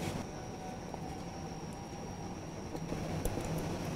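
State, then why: Not seated. A print cartridge is being handled at a printer carriage: under steady low background noise with a faint high tone, there are small handling sounds and brief sharp ticks near 0.9 and 3.3 seconds. The cartridge has not clicked or seated in the carriage yet.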